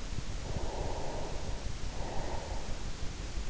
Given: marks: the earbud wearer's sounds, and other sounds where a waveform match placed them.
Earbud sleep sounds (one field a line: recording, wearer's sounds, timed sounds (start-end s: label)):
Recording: sounds in sleep by an in-ear microphone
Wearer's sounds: breath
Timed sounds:
0.45-3.05 s: breath